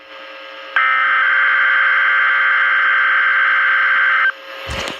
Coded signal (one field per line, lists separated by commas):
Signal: Emergency Alert System (SAME) tones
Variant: header bursts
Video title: Required Weekly Test (EAS #34)